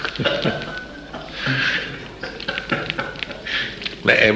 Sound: laughs

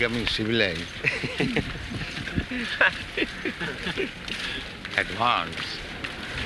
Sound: laughter

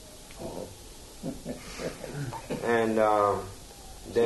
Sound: laughs

